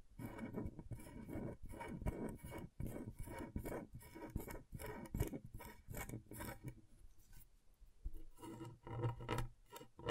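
Scratchboard being worked with a tool: rapid, irregular scraping strokes, each a short rough burst with a gritty, rasping edge. The strokes come densely for the first seven seconds, then thin out into sparser, quieter scrapes with brief gaps before picking up again near the end.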